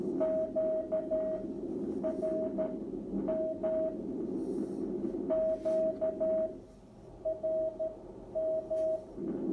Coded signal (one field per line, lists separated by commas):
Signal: Morse code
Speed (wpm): 13 wpm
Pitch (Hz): 640 Hz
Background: radio noise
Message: QRM QRM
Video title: Drake R4B serial #10014 SSB CW and how to use notch control demo with weak SSB signals on 40m